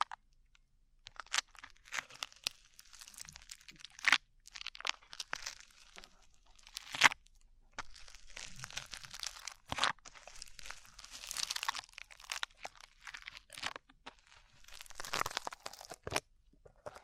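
Sticky slime being squished and pulled, with dense, wet crackling and crinkling that stays mostly bright and hissy. Sharp louder pops and snaps cut through at irregular moments, around 4, 7, 10 and 16 seconds, between stretches of softer continuous squelching.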